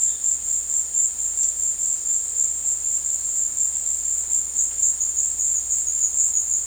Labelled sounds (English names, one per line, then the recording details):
none
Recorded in dense forest near Puerto Asís, Putumayo, Colombia, on 20 February 2024 at 17:00
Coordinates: 0.485, -76.318
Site G6408